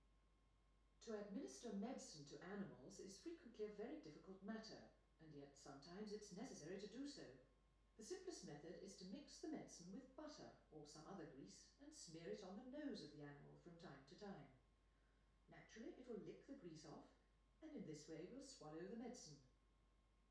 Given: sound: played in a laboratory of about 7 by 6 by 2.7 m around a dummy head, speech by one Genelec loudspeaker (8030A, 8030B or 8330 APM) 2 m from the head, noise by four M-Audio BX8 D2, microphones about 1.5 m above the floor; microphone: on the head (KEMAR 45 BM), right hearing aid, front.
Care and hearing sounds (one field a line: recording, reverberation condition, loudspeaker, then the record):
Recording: female speech in English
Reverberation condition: medium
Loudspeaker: 60 degrees to the left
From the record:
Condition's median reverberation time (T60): about 510 ms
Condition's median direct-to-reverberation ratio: about -0.5 dB